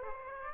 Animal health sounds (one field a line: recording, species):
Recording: mosquito wingbeat signal from an infrared sensor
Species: Aedes aegypti